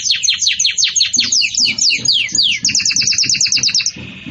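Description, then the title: Belgian canary song with fast repeated downward chirps, a rapid twittering series, and a closing buzzy note. Belgian canary singing in the campainha (bell) song style, for tutoring young chicks. "Belíssimo Canto Do Canário Belga Campainha Para Encarte De Filhotes"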